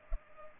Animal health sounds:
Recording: mosquito wingbeat signal from an infrared sensor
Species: Culex pipiens

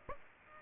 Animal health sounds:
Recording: mosquito wingbeat signal from an infrared sensor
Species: Aedes aegypti

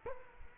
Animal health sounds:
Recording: mosquito wingbeat signal from an infrared sensor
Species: Culex quinquefasciatus

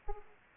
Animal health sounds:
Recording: mosquito wingbeat signal from an infrared sensor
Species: Aedes aegypti

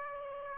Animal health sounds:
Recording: mosquito wingbeat signal from an infrared sensor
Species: Aedes aegypti

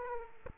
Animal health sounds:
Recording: mosquito wingbeat signal from an infrared sensor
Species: Aedes aegypti

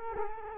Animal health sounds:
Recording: mosquito wingbeat signal from an infrared sensor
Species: Culex quinquefasciatus

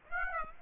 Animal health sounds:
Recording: mosquito wingbeat signal from an infrared sensor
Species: Aedes aegypti

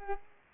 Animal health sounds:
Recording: mosquito wingbeat signal from an infrared sensor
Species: Culex pipiens

